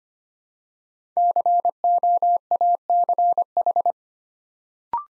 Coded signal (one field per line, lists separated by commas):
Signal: Morse code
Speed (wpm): 26 wpm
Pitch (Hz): 700 Hz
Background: none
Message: COACH